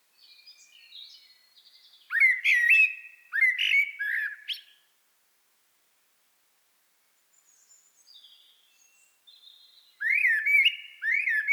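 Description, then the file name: Common blackbird song: mellow, flute-like whistled phrases with soft high-pitched twittering between them. "Turdus merula"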